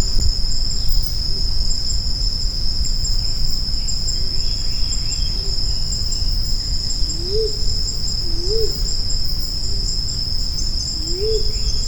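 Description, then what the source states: Grey imperial pigeon calls: a few soft low arched notes late, with fainter ones earlier, beneath a constant shrill insect chorus. Recorded on Maratua.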